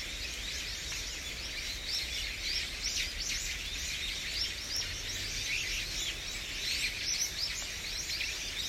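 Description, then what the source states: Birds calling in a busy chorus, many short high chirps and whistles overlapping continuously over steady background noise. Usuki, Japan.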